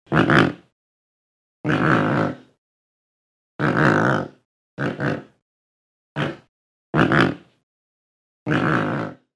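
Pelican giving seven harsh, rasping grunts, each short, spaced apart with silence between them.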